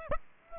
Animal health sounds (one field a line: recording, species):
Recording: mosquito wingbeat signal from an infrared sensor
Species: Aedes aegypti